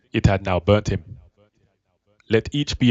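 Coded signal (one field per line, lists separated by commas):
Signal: none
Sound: speech audio blips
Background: speech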